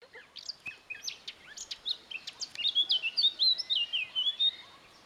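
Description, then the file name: Eurasian blackcap singing: quick scratchy twittering at first, then breaking into a bright, loud sequence of rich fluted whistles lasting about two seconds. "Sylvia atricapilla"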